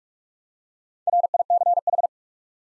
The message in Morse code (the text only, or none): RICH